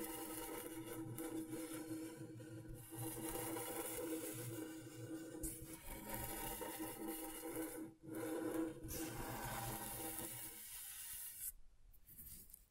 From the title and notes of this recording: ASMR Brain Tingling Scratchboard (No Talking).